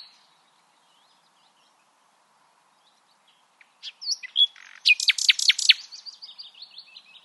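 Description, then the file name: Common nightingale song beginning after a quiet stretch, with soft whistles leading into loud, rapidly repeated sharp notes and a trailing series of softer chirps. "Luscinia megarhynchos"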